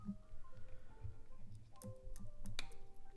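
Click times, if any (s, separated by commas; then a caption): 2.6 s. A freshly crimped metal spark plug wire terminal is lined up and pushed onto its spark plug or distributor post. Several small sharp ticks come at about 1.8, 2.2 and 2.5 seconds over faint steady tones. The loudest, a crisp click at 2.6 seconds, is the terminal snapping on and seating.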